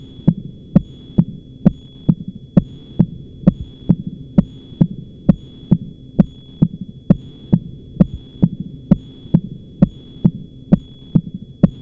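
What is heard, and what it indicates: Sound of a stiff mechanical Starr-Edwards (caged-ball) prosthetic heart valve: crisp, sharp valve clicks repeating in a steady, regular rhythm, heard through a stethoscope on an adult chest.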